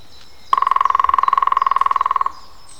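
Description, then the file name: European green woodpecker, a drumming roll of rapid, regular knocks that runs nearly two seconds and ends abruptly. Drumming, recorded on 21 April 2001. "zöld küllő dob 20010421"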